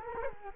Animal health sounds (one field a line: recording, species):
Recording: mosquito wingbeat signal from an infrared sensor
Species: Culex quinquefasciatus